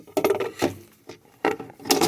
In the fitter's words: the battery just clicks back in